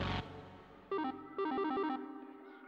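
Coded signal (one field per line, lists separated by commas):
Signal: none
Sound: game music notes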